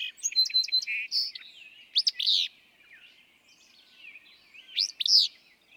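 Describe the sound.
Willow flycatcher singing a snappy, buzzy burst twice, after a run of quick high chips and trills from other birds.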